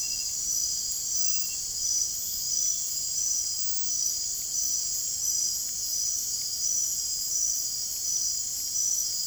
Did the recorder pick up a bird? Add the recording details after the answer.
no. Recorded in dense forest near Puerto Asís, Putumayo, Colombia, on 22 June 2025 at 23:30. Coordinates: 0.503, -76.323. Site G059